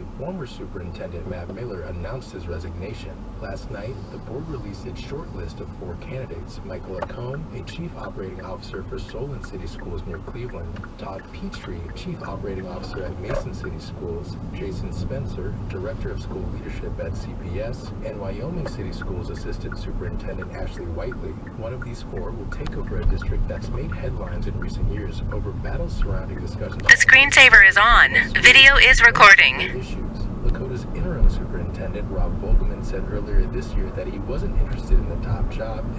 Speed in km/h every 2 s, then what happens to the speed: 0, 6, 11, 15, 11, 6, 11, 18, 26, 29, 27, 23, 18, 21, 31, 35, 44, 45.
0-6 pulls away to 15. 6-11 steady at about 11. 11-17 speeds up to 29. 17-25 slows to 18. 25-32 speeds up to 44.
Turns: 9-15, 21-25.